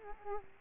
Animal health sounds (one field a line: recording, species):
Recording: mosquito wingbeat signal from an infrared sensor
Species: Aedes aegypti